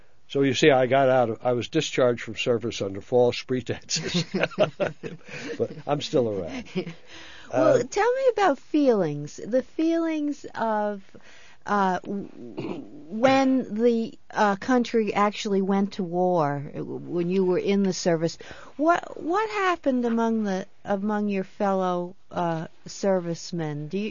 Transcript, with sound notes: So, you see, I got out, I was discharged from service under false pretenses. ( they laugh ) But I'm still around.
Well, tell me about feelings, the feelings of, uh, when the country actually went to war, when you were in the service, what happened among the, among your fellow servicemen?